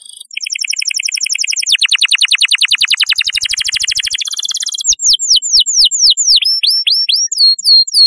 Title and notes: Kicau Burung Kenari